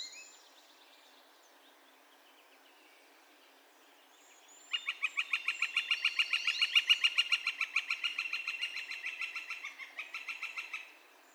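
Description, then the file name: Northern flicker bursting into a loud, rapid series of evenly spaced kek notes lasting about six seconds. Calls recorded 2 May 2020. "2020-05-02 Northern Flicker Calls"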